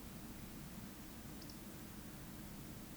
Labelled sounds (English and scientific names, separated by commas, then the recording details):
Eurasian Woodcock (Scolopax rusticola) whistle
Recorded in Baden-Württemberg, Germany, on 14 May 2021 at 19:45 UTC
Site 25175, 602 m above sea level